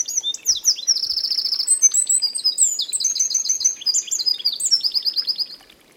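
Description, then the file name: Eurasian wren song, a loud, rapid, high-pitched outpouring of trills and sharp notes lasting over five seconds, with fast rattling phrases stitched together, then silence. "Troglodytes troglodytes"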